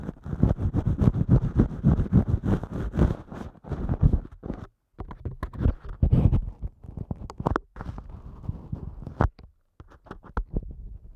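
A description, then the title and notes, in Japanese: Ear cleaning with dense, low scratching and rubbing that comes in rapid bursts, thinning out with brief silent gaps in the second half. ASMR耳かき 圧力・低音強めの落ち着くサウンド…柔らかい音フェチ。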